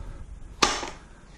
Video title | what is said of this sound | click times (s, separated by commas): My first review. A Dynamic Defence Holster & 10X ammunition. | there's a nice audible click in there it's pretty nice | 0.6 s